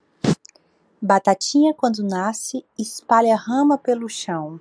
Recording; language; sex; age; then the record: short text; Brazilian Portuguese; female; 20 to 29 years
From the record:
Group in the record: control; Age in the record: 29 years